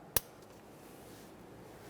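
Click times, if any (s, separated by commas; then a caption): 0.2 s. A metal brake pad wear indicator tab is slid down onto the ear of the inboard brake pad on a 2011-2020 Toyota Sienna, with the tab facing toward where the rotor would be so it signals when the pads wear low. A single sharp click sounds at 0.2 s as the clip seats, then quiet background follows. The clip is seated and is tugged to check it is secure.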